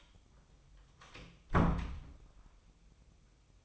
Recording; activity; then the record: daily activity, microphone in the room; close door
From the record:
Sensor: 1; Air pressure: 1004.9 hPa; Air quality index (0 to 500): 81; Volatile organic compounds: 2 ppm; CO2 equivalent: 1085 ppm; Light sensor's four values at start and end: 9/23/9/10 and 9/23/9/10